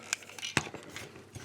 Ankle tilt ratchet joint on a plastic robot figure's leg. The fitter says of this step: it properly holds and it clicks